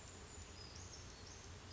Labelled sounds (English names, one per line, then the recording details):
Brown Creeper
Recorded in Sonoma County, California